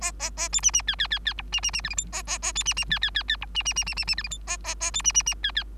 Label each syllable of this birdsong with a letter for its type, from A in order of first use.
A A A B C C D D D D E C C C F G H A A A B C C D D D D E C C C C C C F G H A A A B C C C D D